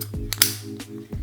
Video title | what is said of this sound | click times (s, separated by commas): LES MEILLEURS ACCESSOIRES POUR l'OSMO ACTION | Elle est bien verrouillée, donc vraiment très costaud, c'est très fiable. | 0.3 s, 0.4 s